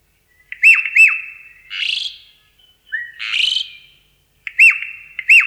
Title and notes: Jalak Uren bird sounds